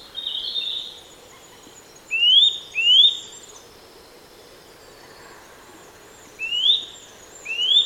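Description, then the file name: Eurasian nuthatch calls: short, clear upslurred whistles, a pair near two seconds and another pair near the end, with high faint twittering from other birds behind. "Sitta europaea"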